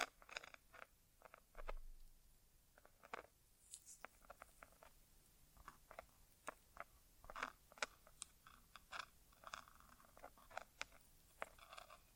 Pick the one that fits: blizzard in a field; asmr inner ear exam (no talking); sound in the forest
asmr inner ear exam (no talking)